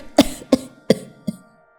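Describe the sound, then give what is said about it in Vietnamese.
A woman coughs hard four times in a quick, harsh fit, each raspy bark a little weaker than the last, with no talking around it. “Ả ho lên sù sụ, nước mắt nước mũi thì nhau hiểu ra.”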